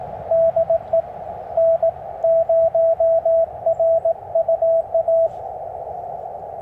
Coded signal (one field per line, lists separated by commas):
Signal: Morse code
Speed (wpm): 19 wpm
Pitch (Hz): 600 Hz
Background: radio noise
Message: DE N0RUA